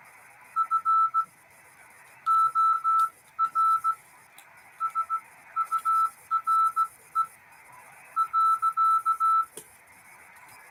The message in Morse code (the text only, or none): FOR SURE .